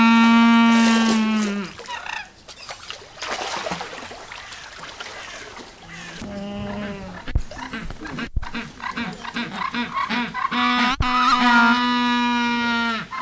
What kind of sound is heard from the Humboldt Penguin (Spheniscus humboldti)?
call